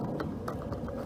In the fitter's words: go right there and you hear it snap into place